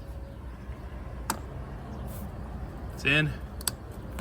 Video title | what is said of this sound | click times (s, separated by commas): 2020 Cascadia, coolant level fault code. DIY, quick fix | It's in, locked into place. | 1.3 s